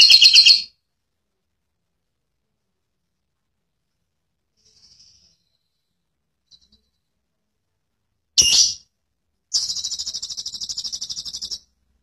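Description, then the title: Lovebird calls in short harsh bursts, then a long rapid chatter of high buzzy notes lasting about two seconds, with silent gaps between. Ngekek style: long chattering call of a lovebird. "Love Bird Latah Ngekek Cililin Panjang Mantab"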